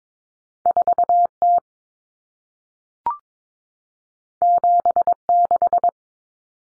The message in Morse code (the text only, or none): 4T 76